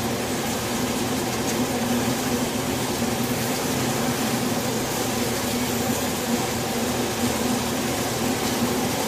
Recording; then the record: honeybee colony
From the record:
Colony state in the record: swarm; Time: day